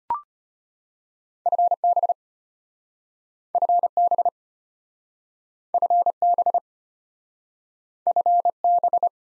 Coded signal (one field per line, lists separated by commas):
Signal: Morse code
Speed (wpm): 35 wpm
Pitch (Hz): 700 Hz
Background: none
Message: FB FB FB FB